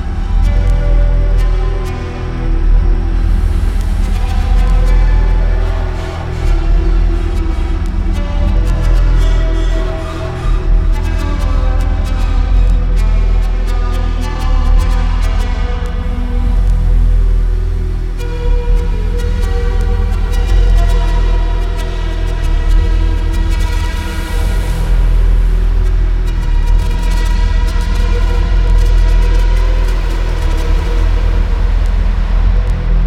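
Rubbing on an upturned bass drum merges with synthetic pads into a thick, steady, low drone, with brighter scraping swells recurring throughout.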